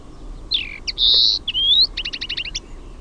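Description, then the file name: Common linnet in brief song: a slurred descending note, a long buzzy whistle, then a rapid series of short twittering chirps. "HEMPPO"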